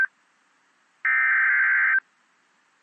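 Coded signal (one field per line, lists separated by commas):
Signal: Emergency Alert System (SAME) tones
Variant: header bursts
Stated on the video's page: Tornado warning tones from NOAA Weather Radio transmitter serving Toledo, Ohio.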